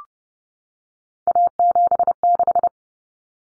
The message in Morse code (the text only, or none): A76